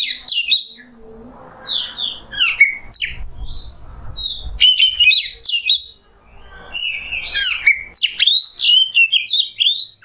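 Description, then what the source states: Oriental magpie-robin singing a rich, varied string of loud whistled and scratchy phrases, sweeping up and down, with short pauses between bursts. Indonesian kacer masteran, a tutor song for training songbirds, in the nembak song style.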